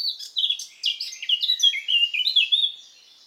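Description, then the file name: Eurasian blackcap singing a rapid, scratchy warble of jumbled high notes that slides into a few sweeter whistled syllables before fading. "Sylvia atricapilla"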